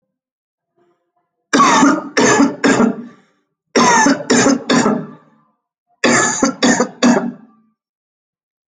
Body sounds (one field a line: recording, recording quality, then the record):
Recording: heavy voluntary cough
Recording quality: excellent, no background noise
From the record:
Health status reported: healthy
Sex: male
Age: 25 years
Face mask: not worn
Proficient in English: yes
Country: India